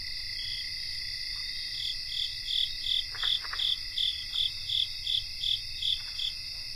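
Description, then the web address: Chorusing crickets, a sustained high buzz under evenly spaced chirps that start after two seconds and pulse steadily, roughly three per second. Cricket chorus recorded in North America. "Nature Songs N America Songs of Insects 77-Cricket chorus"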